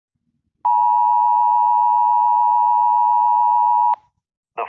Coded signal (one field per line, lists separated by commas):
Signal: Emergency Alert System (SAME) tones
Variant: 853 and 960 Hz attention tone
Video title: Eas scenario/atomic 2008